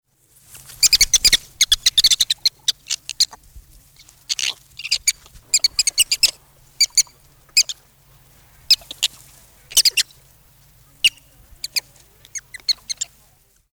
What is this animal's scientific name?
Cynomys ludovicianus